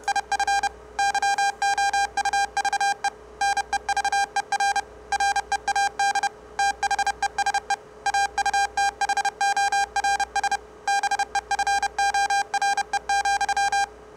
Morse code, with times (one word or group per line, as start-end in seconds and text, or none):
0.1-0.7 IF
1.0-3.1 YOUVE
3.4-4.8 NEVER
5.1-6.3 READ
6.6-7.7 THESE
8.1-10.6 AUTHORS
10.9-13.8 BEFORE,